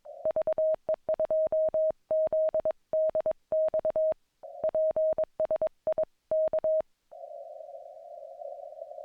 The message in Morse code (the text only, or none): VE2ZDX PSI K